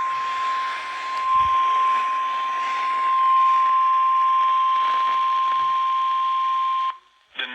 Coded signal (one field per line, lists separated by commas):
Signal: Emergency Alert System (SAME) tones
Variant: 1050 Hz attention tone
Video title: Severe Thunderstorm Warning on WEGX-FM 4/6/22 (EAS #424)